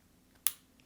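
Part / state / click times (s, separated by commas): plastic hose clamp on filter tubing / seated / 0.5 s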